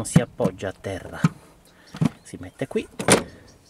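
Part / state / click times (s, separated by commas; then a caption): car tool/part into its storage holder / not seated / none. A car tool or part is being put back into its storage holder in the car while someone talks. Brief handling knocks are heard around 2.0 s. Nothing has seated or clicked yet.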